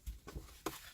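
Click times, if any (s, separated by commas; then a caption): 0.7 s. A plastic interior trim panel that runs round under the wheel of a Colt's interior is pushed back into place by hand. Two soft, low handling bumps come at about 0.1 and 0.3 seconds, then a sharp plastic click at 0.7 seconds as the panel clips in and seats.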